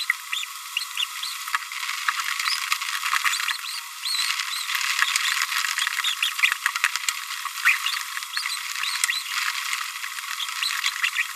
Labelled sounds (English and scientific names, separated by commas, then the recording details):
Green-rumped Parrotlet (Forpus passerinus) babbling
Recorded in a nest box in Venezuela
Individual 18B25A5